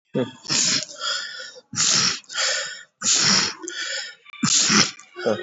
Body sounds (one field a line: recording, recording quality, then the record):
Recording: deep breathing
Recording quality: excellent, no background noise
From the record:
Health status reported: COVID-19 positive, mild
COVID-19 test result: positive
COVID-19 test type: RT-PCR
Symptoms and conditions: cough, sore throat, muscle pain, hypertension, another condition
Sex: male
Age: 65 years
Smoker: no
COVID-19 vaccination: one dose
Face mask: worn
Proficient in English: no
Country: India